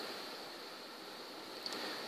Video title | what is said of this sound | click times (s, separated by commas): Hoppin' Mad Assembly | right on like that and they actually snap into place as you can hear | 1.7 s